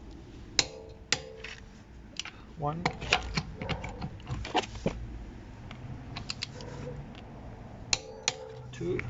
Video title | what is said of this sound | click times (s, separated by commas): Changing the wheels on the Polestar 2 | go until it clicks | 0.6 s, 1.1 s